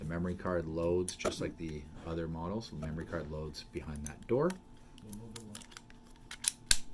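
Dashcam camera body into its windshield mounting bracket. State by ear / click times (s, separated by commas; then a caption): seated / 6.7 s. A person talks while handling a plastic Blackvue dashcam with its memory card slot behind a small door, then pushes the camera body back into its plastic windshield mounting bracket. A few light taps follow, ending in a sharp click at 6.7 s as the dashcam seats back into the mount.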